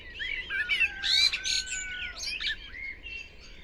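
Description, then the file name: Common blackbird calls: a dense burst of harsh chattering notes and wavering whistles peaking around the first second, then tapering to quieter, scattered chirps. "Turdus merula"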